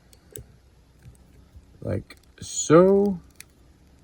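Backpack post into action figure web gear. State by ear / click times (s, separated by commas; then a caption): seated / 3.4 s. Someone talks while pushing the peg post of a plastic G.I. Joe Classified Wet-Suit action-figure backpack into a hole in the figure's plastic web gear, with faint small ticks before it. The post pops in and seats with a sharp click at 3.4 s.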